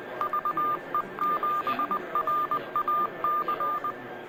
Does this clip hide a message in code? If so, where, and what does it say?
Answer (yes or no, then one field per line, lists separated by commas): yes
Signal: Morse code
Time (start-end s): 0.2-3.9 s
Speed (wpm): 20 wpm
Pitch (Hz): 1200 Hz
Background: none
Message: VE7RAC